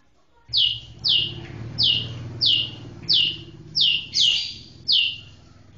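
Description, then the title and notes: White-rumped shama calls: eight sharp, high, downslurred notes at slightly uneven intervals. Training recording used to teach other songbirds. "Masteran Murai Batu"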